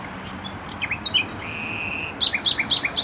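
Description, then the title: Nightingale song: quick chirps, then a long pure whistle, ending in a run of repeated sharp notes; traffic noise underneath. Singing in bushes beside a noisy motorway, Trasa Toruńska, Bródno-Podgrodzie, Warsaw, Poland; recorded on an Olympus LS-11. "Bródno-Podgrodzie, Warszawa, Polska - Trasa Toruńska Nightingale"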